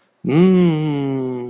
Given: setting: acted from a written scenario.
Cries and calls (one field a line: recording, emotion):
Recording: vocal sound without words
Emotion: desire